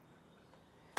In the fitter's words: You hear a click and you push it in just like that.